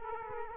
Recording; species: mosquito wingbeat signal from an infrared sensor; Culex quinquefasciatus